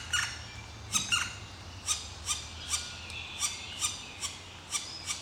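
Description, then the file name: Black woodpecker giving a series of short, sharp calls, repeated about every half second. "Zwarte Specht Dryocopus martius"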